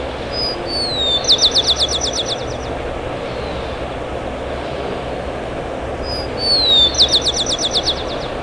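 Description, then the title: Bird song: two phrases, each opening with thin whistled sweeps and ending in a fast, high, buzzy trill, about six seconds apart, over a steady low rumble. "LuckyPassaro Completos2Sama"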